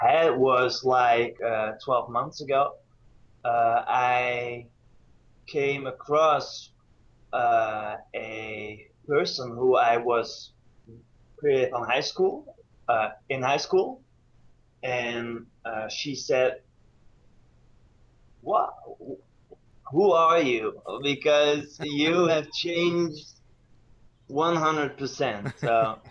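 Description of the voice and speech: An adult man speaks haltingly, with many drawn-out 'uh' sounds, long silent gaps inside phrases, a restarted phrase, and stretched sounds in 'because you've changed.' These prolongations and blocks fit adult stuttering.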